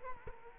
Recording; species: mosquito wingbeat signal from an infrared sensor; Culex quinquefasciatus